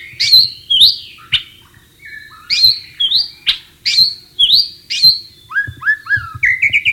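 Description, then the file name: White-rumped shama song of loud upslurred whistles repeated roughly every half second, closing with a quick series of short notes. Wild bird, recorded in the wild. "suara burung murai batu di alam liar"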